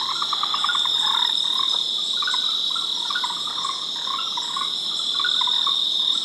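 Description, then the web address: Frog calls in rapid pulsed bursts at uneven intervals, over a continuous shrill insect trill. "Frogs World"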